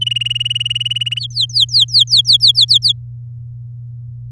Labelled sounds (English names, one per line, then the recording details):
Domestic Canary song
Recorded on 10 May 2018 at 13:19
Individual llb16